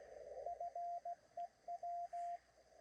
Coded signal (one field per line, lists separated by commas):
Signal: Morse code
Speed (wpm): 16 wpm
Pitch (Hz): 700 Hz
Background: radio noise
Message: FEW